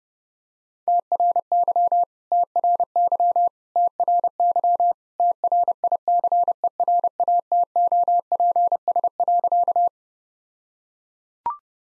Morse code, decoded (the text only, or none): TRY TRY TRY TRICERATOPS.